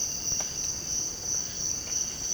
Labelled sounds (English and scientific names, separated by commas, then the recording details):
none
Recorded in secondary vegetation near Puerto Asís, Putumayo, Colombia, on 24 March 2025 at 06:00
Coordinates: 0.488, -76.319
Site G095